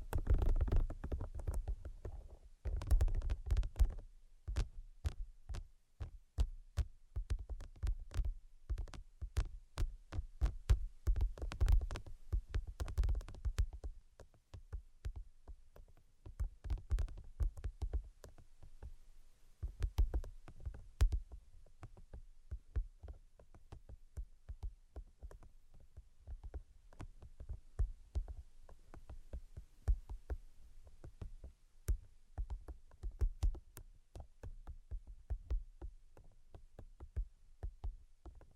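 Dense, irregular tapping, each tap a sharp click with a low thump underneath. The first fifteen seconds are busier and louder, with rumbling lows. After that the taps turn sparser and quieter, with brief pauses, over a near-silent background.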